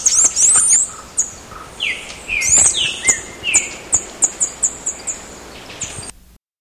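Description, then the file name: Bird calls: high chirps and a few lower buzzy slurs, then a run of short sharp notes, fading out. "SABIOD 50 bird 2015"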